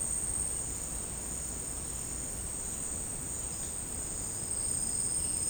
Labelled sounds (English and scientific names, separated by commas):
Violaceous Jay (Cyanocorax violaceus)